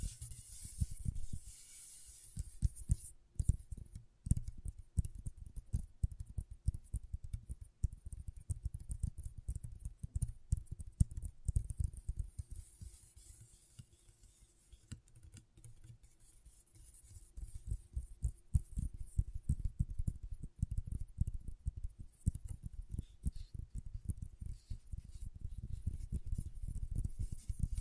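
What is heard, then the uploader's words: Scratchboard being worked with quick, dense scratching strokes, a rapid irregular run of small clicks and scrapes with a low thud under each one. The strokes carry a bright hiss on top and ease off around 13 to 18 seconds before picking up again. ASMR Brain Tingling Scratchboard (No Talking).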